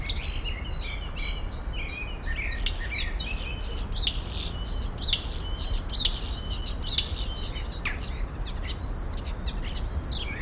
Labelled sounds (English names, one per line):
European Starling